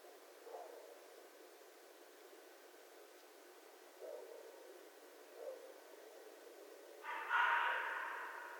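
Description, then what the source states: Red fox call: a few faint, soft sounds, then one loud, raspy cry near the end that stays harsh and slowly fades. Recorded 11 January 2012.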